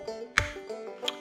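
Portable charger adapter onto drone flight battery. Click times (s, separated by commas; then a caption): 0.4 s. A portable charger adapter from a DJI Mavic Air 2 Fly More combo pack is pushed onto the end of the drone's flight battery and snaps in with a sharp click at 0.4 s, heard over plucked-string music in the background. A second, softer click follows at 1.1 s, and the adapter is seated.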